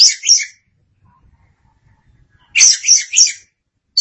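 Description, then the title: Oriental magpie-robin singing loud, buzzy, varied high phrases separated by a pause of about two seconds, over an otherwise quiet background. "Suara Kicauan Burung Kacer Durasi Panjang"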